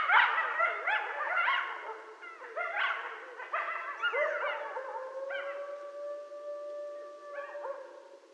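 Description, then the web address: Coyote chorus of rapid yips, barks and short wavering howls, settling into one long steady howl with occasional yips. Several coyotes recorded at night on 13 November 2012. "Coyote 2012 11 13 Coyotes night-sounds coyotes"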